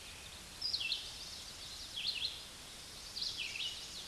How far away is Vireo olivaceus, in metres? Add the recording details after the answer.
about 25 m. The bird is about 20 m above the microphone. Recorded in a Pennsylvania forest on 16 May 2024 at 09:36. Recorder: AudioMoth, point MSD-2164. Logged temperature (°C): 15.8 °C. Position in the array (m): 181 m, 75 m